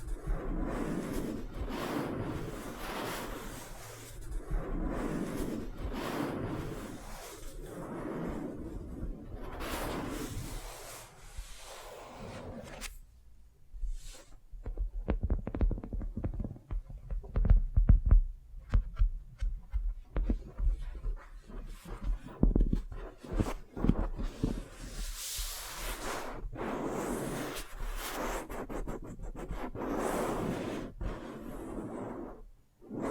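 A wax facial spa treatment with soft rubbing and smearing sounds, a crisp run of tapping and clicks around the middle, then gentle rubbing again.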